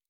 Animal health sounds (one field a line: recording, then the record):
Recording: hydrophone in a shrimp aquaculture tank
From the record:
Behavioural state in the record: normal